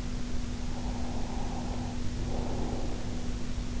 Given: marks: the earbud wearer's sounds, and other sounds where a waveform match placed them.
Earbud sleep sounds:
sounds in sleep by an in-ear microphone; breath
0.37-3.46 s: breath

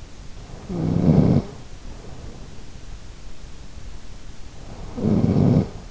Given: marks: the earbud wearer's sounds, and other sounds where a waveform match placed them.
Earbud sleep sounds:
sounds in sleep by an in-ear microphone; snoring breath
0.46-3.26 s: snoring breath
4.59-5.83 s: snoring breath

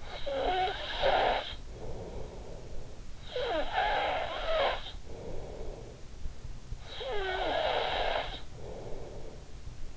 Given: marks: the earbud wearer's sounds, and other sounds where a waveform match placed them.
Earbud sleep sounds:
sounds in sleep by an in-ear microphone; snoring breath
0.00-9.80 s: snoring breath

